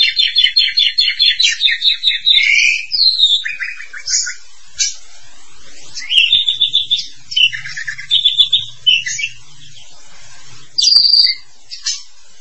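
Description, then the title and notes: Starling song opening with a fast series of repeated chirps, then varied whistled and buzzy phrases with short pauses between them. "suara burung jalak"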